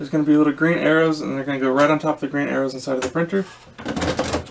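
A plastic toner cartridge is handled and lined up with the green arrows inside a Lexmark MX517 laser printer while someone talks. Near the end, handling noise rises with a brief knock at 4.2 s. Nothing has seated or clicked into place yet.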